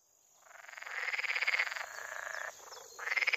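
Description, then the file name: Water frog giving a long, quickly pulsed rattling croak that builds in loudness, briefly drops, then resumes strongly at the end. "grenouille verte"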